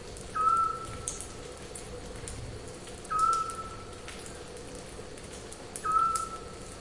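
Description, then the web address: Eurasian scops owl with three short, mellow whistled hoots spaced evenly about three seconds apart, steady pitch, amid continuous low hiss and scattered drip-like clicks. "zwergohreule"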